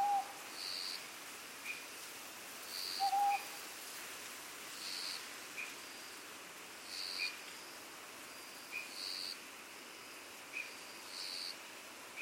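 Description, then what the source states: Owl hooting twice, brief even notes roughly three seconds apart near the start, then rhythmic insect buzzes about every two seconds with soft high chirps throughout. Recorded on Iriomote Island, Okinawa, Japan.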